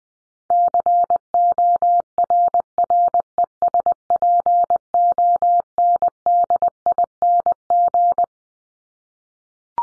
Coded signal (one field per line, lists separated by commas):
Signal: Morse code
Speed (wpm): 20 wpm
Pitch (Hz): 700 Hz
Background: none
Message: CORRESPONDING